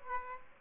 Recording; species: mosquito wingbeat signal from an infrared sensor; Aedes aegypti